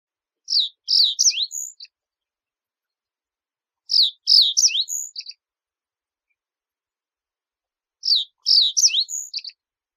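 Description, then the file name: Common reed bunting singing: a short phrase of a few high chirpy notes, repeated three times about every four seconds, with silence between. "Migliarinodipalude Bob"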